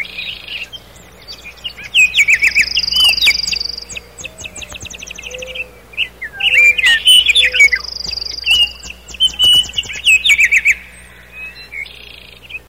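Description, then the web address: Common nightingale singing in varied bursts: fast repeated chattering notes, buzzy trills and bright looping whistles, pausing between phrases, with faint low whistles in the background. "rouxinol-comum canto do rouxinol-comum"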